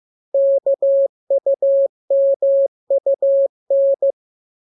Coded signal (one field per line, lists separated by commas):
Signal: Morse code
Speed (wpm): 15 wpm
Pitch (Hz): 550 Hz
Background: none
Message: KUMUN